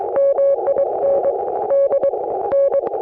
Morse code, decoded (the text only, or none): MIND N